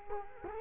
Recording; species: mosquito wingbeat signal from an infrared sensor; Culex quinquefasciatus